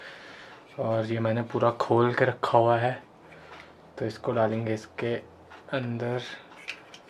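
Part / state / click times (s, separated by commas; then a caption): action camera mount piece into mount base / seated / 6.7 s, 6.9 s. Someone talks while inserting an opened plastic GoPro action camera mount piece into its mount base. Two short mechanical clicks follow at 6.7 s and 6.9 s as the parts lock together and the piece seats.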